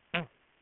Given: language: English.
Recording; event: throat vibration sensor signal played as sound; throat clearing